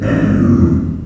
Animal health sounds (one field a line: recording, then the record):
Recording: squeal of a Yucatan mini pig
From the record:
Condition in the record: after surgery on the right vocal fold (resection and tissue-engineered implant)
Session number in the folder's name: 7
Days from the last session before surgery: 47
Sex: female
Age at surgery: 19 weeks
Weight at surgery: 25 kg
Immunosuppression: prednisolone